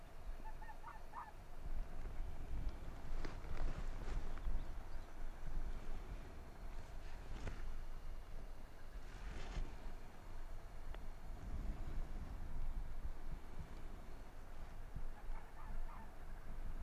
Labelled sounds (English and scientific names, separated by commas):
Arctic Fox (Vulpes lagopus)